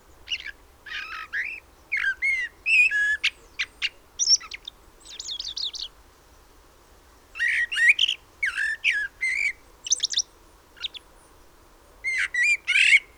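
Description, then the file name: Common blackbird sending out bursts of high, squeaky and buzzy notes mixed with short whistles, with a quiet stretch midway before the calling resumes. "Turdus merula"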